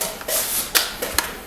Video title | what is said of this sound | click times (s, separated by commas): Kuvings Silent Juicer - Factory Tour and Juicer Assembly | all right there you go it's in you can hear it snap | 0.8 s, 1.2 s